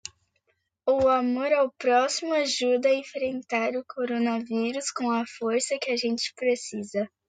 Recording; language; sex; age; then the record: spoken sentence; Brazilian Portuguese; female; 40 to 49 years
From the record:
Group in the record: control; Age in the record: 42 years